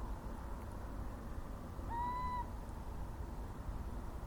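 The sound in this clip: Little owl giving a single clear whistled call, rising then held briefly, about half a second long, over a steady low rumbling background.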